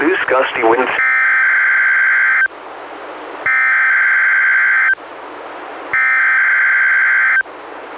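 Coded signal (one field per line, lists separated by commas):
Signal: Emergency Alert System (SAME) tones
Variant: header bursts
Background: speech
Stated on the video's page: Real NOAA Weather Radio required weekly tests from NWS Portland via the Astoria transmitter, received on a Reecom R-1630 weather radio, recorded with a Zoom H1.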